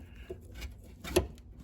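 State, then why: Seated. The plastic wiring connector of a Bank 2 Sensor 2 oxygen sensor on a 2010 Ford Escape with a 3.0 engine is pushed into its harness plug under the vehicle. After faint rustling, one sharp click sounds at 1.2 s, and the connector is seated.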